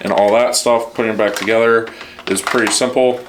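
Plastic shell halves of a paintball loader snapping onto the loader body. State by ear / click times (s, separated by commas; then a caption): not seated / none. Someone talks while handling the toolless plastic shell halves of a paintball loader (hopper), which is opened by tension and being put back together onto the loader body. Nothing has seated or clicked yet.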